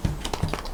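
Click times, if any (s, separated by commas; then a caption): 0.3 s. A chemical spray fitting is pushed into the head of an Ionic Systems Hydra CF 32 water-fed window-cleaning pole after the brush has been pulled out. Low thuds at about 0.0 s and 0.4 s frame sharp clicks at 0.3 s, 0.5 s and 0.6 s, and the fitting clicks into place at 0.3 s before the thumb lock is closed again.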